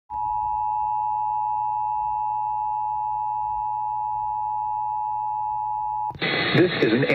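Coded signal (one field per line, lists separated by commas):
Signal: Emergency Alert System (SAME) tones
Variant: 853 and 960 Hz attention tone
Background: speech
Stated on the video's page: Flood warning received on FM 99.1.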